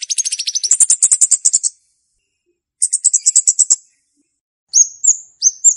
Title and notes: Kicau Untuk Pancing Burung Kemade ( Cabe Cabean). Suara Burung Cabe Cabean Pikat